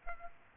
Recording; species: mosquito wingbeat signal from an infrared sensor; Aedes aegypti